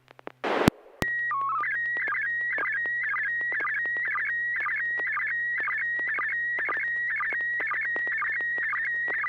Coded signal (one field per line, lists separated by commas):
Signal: SSTV (slow-scan television)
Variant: PD 120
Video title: N6NA SSTV Net - 11/06/2024